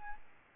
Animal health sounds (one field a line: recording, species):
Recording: mosquito wingbeat signal from an infrared sensor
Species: Aedes albopictus